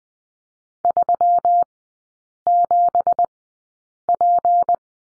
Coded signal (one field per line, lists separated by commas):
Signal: Morse code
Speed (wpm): 20 wpm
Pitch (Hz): 700 Hz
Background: none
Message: 37P